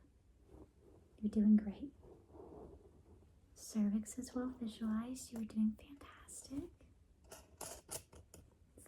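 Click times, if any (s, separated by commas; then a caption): 7.6 s, 8.3 s. During a role-played pelvic exam, an examiner opens a speculum and locks its ratchet or locking mechanism while someone talks softly. Sharp clicks at 7.6 s and 8.3 s mark the lock, and the speculum is locked into place.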